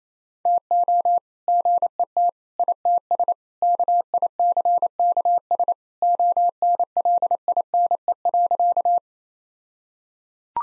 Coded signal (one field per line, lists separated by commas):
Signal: Morse code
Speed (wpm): 28 wpm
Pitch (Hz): 700 Hz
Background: none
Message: TO GET ITS KICKS ONLINE.